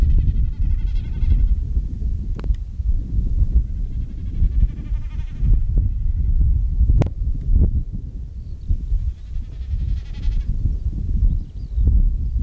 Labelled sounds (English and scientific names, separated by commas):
Common Snipe (Gallinago gallinago)